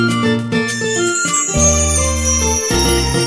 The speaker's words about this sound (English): Don't you love Christmas? Here's Jingle Bells for you.